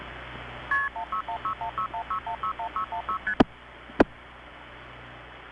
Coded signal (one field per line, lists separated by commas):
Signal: multi-frequency trunk signalling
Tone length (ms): 100 ms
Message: KP16161616161616ST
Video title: Early80s Pgm 5: Effect of CCIS on Phreaking, Olney SF'ing, 1981-83